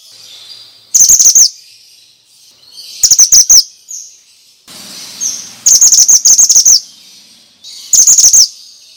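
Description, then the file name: Bird chirping in loud, rapid bursts of high repeated notes roughly every two to three seconds, with softer thin whistles between the bursts. Lure for stressed birds, Indonesian 'suara mantenan' sound. "Pancingan Ampuh Burung Stress Suara Mantenan"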